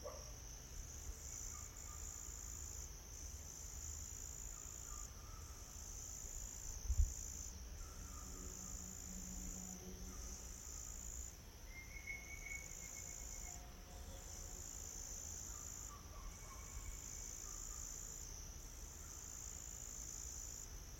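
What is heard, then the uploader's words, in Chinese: Mountain forest ambience, with a steady, dense shrill of crickets and insects running high and unbroken throughout. Faint scattered calls drift in and out at middle pitch, over a soft low rumble, and a single dull thump lands around seven seconds. 懶山林環境音。早晨 0630。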